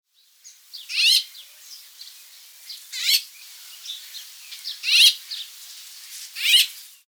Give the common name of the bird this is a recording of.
White-fronted Bee-eater